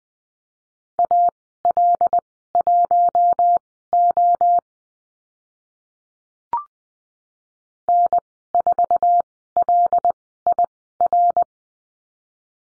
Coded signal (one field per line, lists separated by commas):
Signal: Morse code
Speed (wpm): 20 wpm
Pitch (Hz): 700 Hz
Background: none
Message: AL1O N4LIR